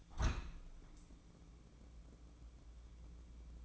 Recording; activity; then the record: daily activity, microphone in the room; open window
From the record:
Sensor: 1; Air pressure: 1012.4 hPa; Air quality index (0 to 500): 167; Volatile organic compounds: 3 ppm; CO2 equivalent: 1362 ppm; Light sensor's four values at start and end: 150/337/149/158 and 142/320/141/149